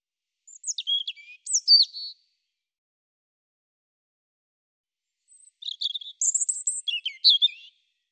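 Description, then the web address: European robin song, two separate high tinkling phrases of varied whistled notes with a silent pause of several seconds between them. "cianscape birddata Deverinetal 2025 File cleaned normalized Bird Er Ru"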